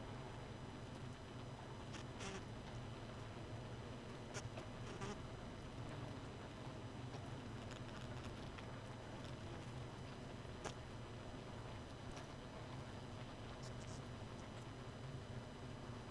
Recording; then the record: honeybee colony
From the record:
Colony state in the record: missing queen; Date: 31 May 2018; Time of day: 2:08